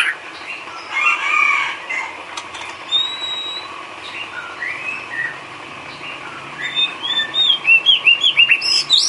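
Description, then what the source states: Bird: bird song of scattered soft chirps and thin whistles, ending in a quick series of bright rising twitters. Complete masteran set of bird chirping, used to train birds.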